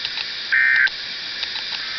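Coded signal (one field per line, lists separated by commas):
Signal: Emergency Alert System (SAME) tones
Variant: end-of-message bursts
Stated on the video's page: Statewide Maryland tornado drill, recorded from an iPod.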